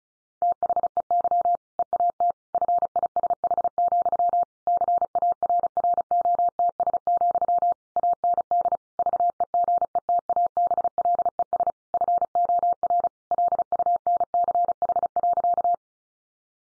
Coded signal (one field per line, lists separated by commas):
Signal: Morse code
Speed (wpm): 34 wpm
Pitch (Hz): 700 Hz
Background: none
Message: THEY EAT FISH, CARROTS, AND VEGETABLES FOR LUNCH.